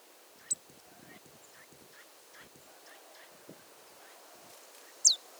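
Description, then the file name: Marsh tit calls: a short high note near the start and a sharper downslurred note about four and a half seconds later, over faint low background rustle. "Poecile palustris"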